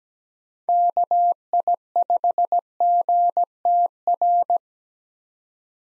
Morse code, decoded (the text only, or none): KI5GTR